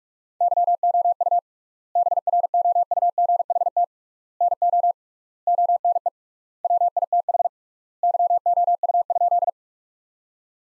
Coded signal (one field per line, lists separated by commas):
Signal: Morse code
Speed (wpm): 46 wpm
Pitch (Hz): 700 Hz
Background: none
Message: YOU BROUGHT NO ONE WITH YOU?